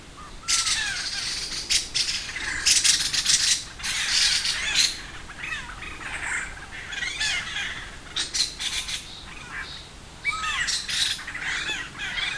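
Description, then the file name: Buffy laughingthrush chattering calls, harsh bursts mixed with short rising whistled notes, coming in uneven flurries over about twelve seconds. "laughingthrush-buffy Garrulax-berthemyi"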